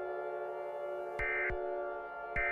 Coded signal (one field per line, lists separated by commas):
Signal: Emergency Alert System (SAME) tones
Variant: end-of-message bursts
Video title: EAS Test Mock: Werewolf Attack.